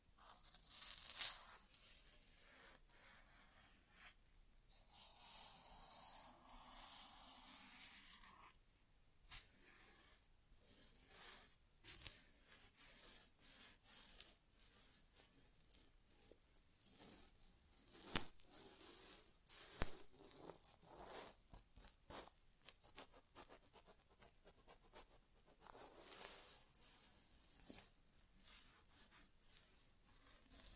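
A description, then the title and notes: An ASMR inner ear exam without talking: soft rubbing, scratching and rustling sounds that come and go in irregular strokes, mostly bright and hissy with little low end. Two sharp clicks stand out around 18 and 20 seconds. ASMR Inner Ear Exam (No Talking).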